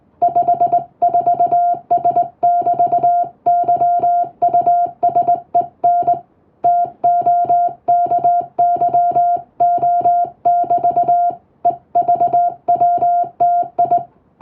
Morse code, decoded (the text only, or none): 54S<BT>YUSEN TOKYO<BT> EVWTI